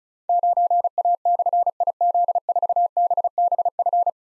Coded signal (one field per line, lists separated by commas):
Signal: Morse code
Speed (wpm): 36 wpm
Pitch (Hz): 700 Hz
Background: none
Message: 9A/IZ4BBF